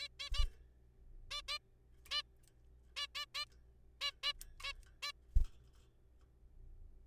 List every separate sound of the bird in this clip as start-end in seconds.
0.01-0.07, 0.20-0.29, 0.34-0.44, 1.31-1.41, 1.48-1.58, 2.11-2.22, 2.97-3.06, 3.15-3.25, 3.35-3.45, 4.01-4.11, 4.24-4.32, 4.60-4.72, 5.03-5.12